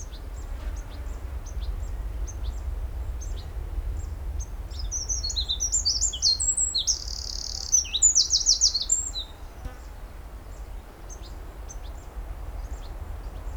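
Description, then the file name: Eurasian wren song, a loud burst of rapid high trills and chattering notes lasting a few seconds mid-way, with faint scattered ticks before and after and steady low rumble. "Troglodytes troglodytes"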